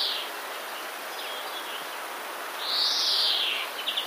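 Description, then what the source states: Common redstart giving a single drawn-out arched whistle followed by a brief clipped trill, after a faint opening note over a steady hiss. Song containing borrowings from other passerines, here imitating the European greenfinch.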